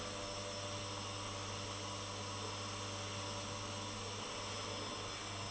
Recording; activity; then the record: daily activity, microphone in the room; vacuum cleaning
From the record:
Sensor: 4